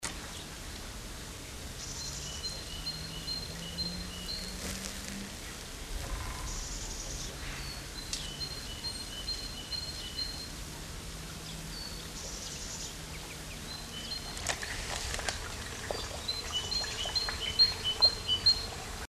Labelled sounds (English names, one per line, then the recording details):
Great Tit song
Great Spotted Woodpecker
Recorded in the wild
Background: Dendrocopos major
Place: Locarno, Tessin, CH
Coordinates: 46.1689, 8.78861
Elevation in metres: 214
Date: 1978-03-10
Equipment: Uher 4000 Report
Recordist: Tretzel, Erwin
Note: Locarno, Schweiz: Gesang